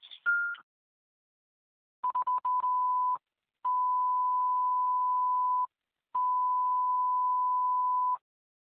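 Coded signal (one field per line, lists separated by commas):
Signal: pager alert tone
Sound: a short higher tone, a few quick beeps, then two long steady mid-pitch tones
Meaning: Alert tones that activate fire pagers before a dispatch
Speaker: through the tones only. Is the fire department responding?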